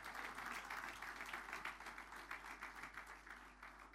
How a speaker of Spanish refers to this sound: Fuerte ese aplauso, amén, desde Minas del Prado.